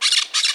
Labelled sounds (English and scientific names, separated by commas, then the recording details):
Brown-throated Parakeet (Eupsittula pertinax) contact call
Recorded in Margarita
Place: San Francisco, near stadium
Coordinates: 11.018, -64.294